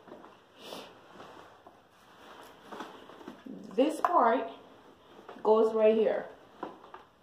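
During assembly of a Graco Modes 3 Essential LX Travel System stroller, a plastic part is handled and brought up to its mount on the stroller frame, with soft handling noises and light taps while someone talks. The part has not seated or clicked into place yet.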